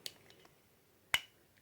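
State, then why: Seated. A metal cap is pushed back onto the neck of a glass Davidoff Adventure (2008 release) fragrance bottle. A few faint taps come first, then one sharp, bright click at 1.1 s as the cap seats into place. No one talks in the clip.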